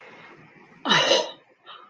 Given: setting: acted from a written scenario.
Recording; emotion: vocal sound without words; awe